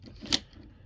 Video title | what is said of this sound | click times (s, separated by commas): Transformers Studio Series '86 Hook review | and then it clicks into place like that. | 0.3 s